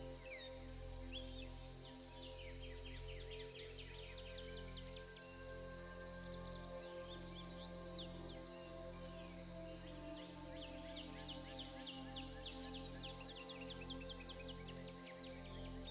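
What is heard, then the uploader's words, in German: Gentle music with sustained, warm low tones that swell and pause in a slow, regular pulse every second or two. Over it, birds chirp and twitter steadily throughout, busiest around the middle, their bright calls sounding against the soft, unchanging musical bed. Zarte MUSIK und die Klänge der NATUR. Sanfter Musik und harmonischer Naturklänge.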